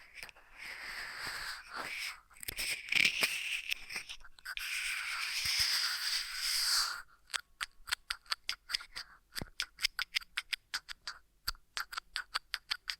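Ear massage triggers: for the first seven seconds a dense, bright rubbing and rustling swells and fades in waves. Then it switches to quick, crisp tapping or clicking, sharp separate hits coming several per second until the end.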